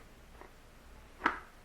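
A knife is pushed back into a wet-formed leather sheath, and the retention gives a sharp pop as it seats at 1.3 seconds. A faint tap comes just before at 0.4 seconds, and the knife ends up seated in the sheath.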